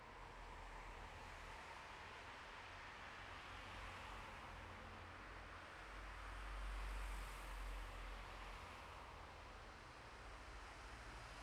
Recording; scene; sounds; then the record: everyday scene through a hearing-aid microphone; in traffic; traffic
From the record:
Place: bus stop on a city main road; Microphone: behind the ear, left, front